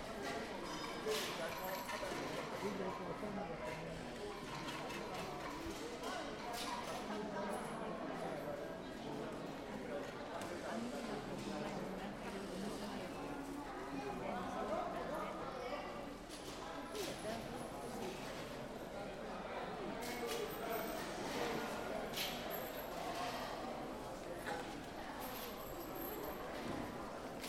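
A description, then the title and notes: Binaural recording at a busy Tokyo temple: a steady, dense murmur of many voices, with scattered footsteps and clicks throughout. A binaural field recording made at the Sensō-ji temple in the Asakusa district of Tokyo, Japan.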